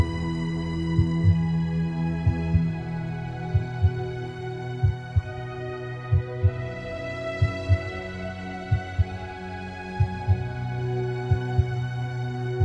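A slow, steady heartbeat of paired lub-dub thumps, about 46 beats per minute, heard over a continuous low droning hum.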